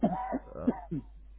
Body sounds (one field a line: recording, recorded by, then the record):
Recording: voluntary cough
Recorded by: telephone call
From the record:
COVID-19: positive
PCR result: checked with the laboratory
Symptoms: no